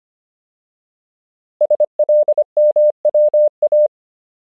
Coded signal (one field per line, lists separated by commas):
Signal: Morse code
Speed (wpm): 25 wpm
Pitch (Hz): 600 Hz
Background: none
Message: SLMWA